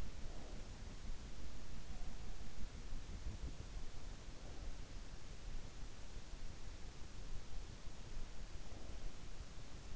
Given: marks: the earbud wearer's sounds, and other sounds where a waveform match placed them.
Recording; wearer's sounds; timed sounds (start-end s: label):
sounds in sleep by an in-ear microphone; breath
0.00-0.93 s: breath